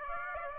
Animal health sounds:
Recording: mosquito wingbeat signal from an infrared sensor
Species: Aedes aegypti

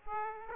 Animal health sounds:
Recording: mosquito wingbeat signal from an infrared sensor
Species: Aedes aegypti

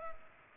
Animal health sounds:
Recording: mosquito wingbeat signal from an infrared sensor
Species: Culex pipiens

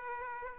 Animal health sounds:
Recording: mosquito wingbeat signal from an infrared sensor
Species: Aedes aegypti

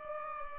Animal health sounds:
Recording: mosquito wingbeat signal from an infrared sensor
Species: Culex pipiens

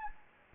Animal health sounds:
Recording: mosquito wingbeat signal from an infrared sensor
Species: Anopheles gambiae

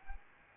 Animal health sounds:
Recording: mosquito wingbeat signal from an infrared sensor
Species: Aedes albopictus

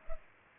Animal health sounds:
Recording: mosquito wingbeat signal from an infrared sensor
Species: Culex pipiens

